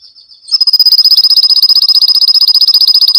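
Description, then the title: Canary song: a brief high whistled note, then a fast, loud, even trill of rapid repeated notes held steadily for nearly three seconds. Canary singing continuously (gacor) with full fill-in phrases (full isian), used as a masteran for caged lovebirds, magpie-robins, canaries and green leafbirds to learn from. "Masteran Kenari Gacor Full Isian Untuk Lovebird, Murai Batu, Kenari, Cucak Ijo"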